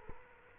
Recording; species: mosquito wingbeat signal from an infrared sensor; Culex quinquefasciatus